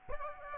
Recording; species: mosquito wingbeat signal from an infrared sensor; Aedes aegypti